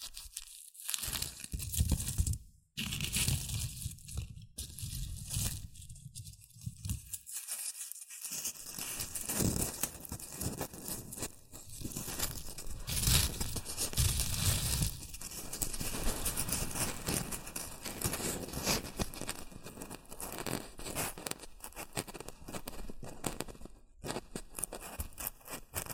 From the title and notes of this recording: ASMR Rustling and Crinkle Sounds (Shredded Tissue, Packing Peanuts).